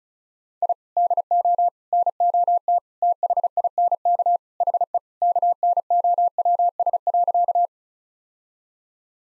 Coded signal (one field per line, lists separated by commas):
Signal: Morse code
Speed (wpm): 34 wpm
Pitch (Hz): 700 Hz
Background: none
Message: I DO NOT THINK HE KNOWS.